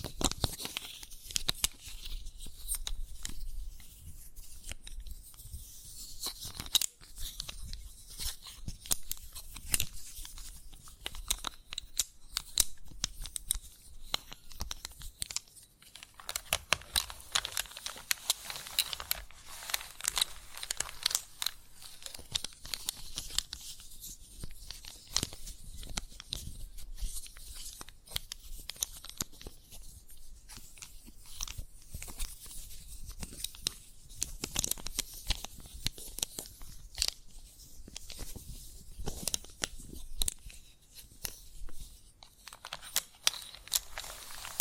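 Chalk scratching and tapping, made of dense, gritty scrapes and crunchy clicks that come in irregular bursts throughout. The sound is bright and hissy, with quick tapping sections and longer scraping strokes, and brief quieter pauses around 16 and 23 seconds.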